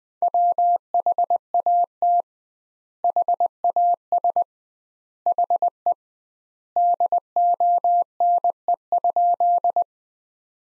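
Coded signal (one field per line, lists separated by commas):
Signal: Morse code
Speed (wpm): 21 wpm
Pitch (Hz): 700 Hz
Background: none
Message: WHAT HAS HE DONE?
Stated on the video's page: Morse practice at 20 wpm: sentences from the top 500 words, sent with twice the standard word spacing, a word-level analogue of Farnsworth.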